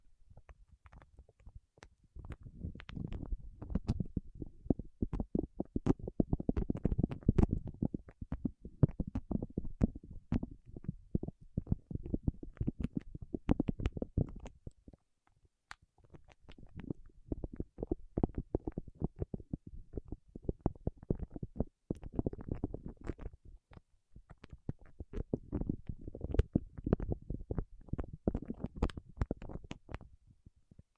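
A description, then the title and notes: Fingertips work over wax, making a dense stream of small sticky clicks and crackles over a soft, low rubbing. The sound comes in long bursts with brief pauses near the middle and again a little after twenty seconds, then resumes just as busy. ASMR with Wax Fingertips for Sleep (No Talking).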